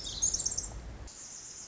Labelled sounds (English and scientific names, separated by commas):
Pacific Wren (Troglodytes pacificus)